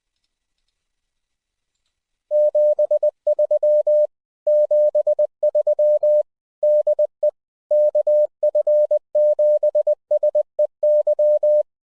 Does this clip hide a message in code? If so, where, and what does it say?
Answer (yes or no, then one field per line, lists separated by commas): yes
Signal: Morse code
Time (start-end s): 2.3-11.6 s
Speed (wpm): 20 wpm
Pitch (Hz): 600 Hz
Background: none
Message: 73 73 DE KF7SEY